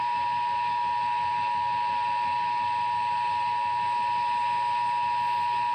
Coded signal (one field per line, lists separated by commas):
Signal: Emergency Alert System (SAME) tones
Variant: 853 and 960 Hz attention tone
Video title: Required Monthly Test (EAS #91)